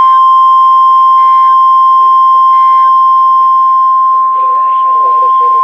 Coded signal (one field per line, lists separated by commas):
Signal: Emergency Alert System (SAME) tones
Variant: 1050 Hz attention tone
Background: speech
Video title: Storms to the Western Skies | Severe Weather EAS Alerts from July 1st, 2025 (EAS #2,039-2,066)